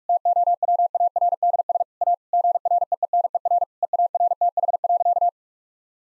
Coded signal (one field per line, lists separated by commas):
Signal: Morse code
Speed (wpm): 42 wpm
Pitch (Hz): 700 Hz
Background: none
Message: TOWARDS A GREENER EARTH.